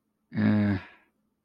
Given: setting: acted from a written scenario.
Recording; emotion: vocal sound without words; guilt